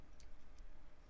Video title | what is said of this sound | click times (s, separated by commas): LIVE: The Best and Coolest Holiday Gifts for Tech Nerds! | There we go. Give it a little wiggle. And now it goes past this, so you can actually lock it down. | 0.2 s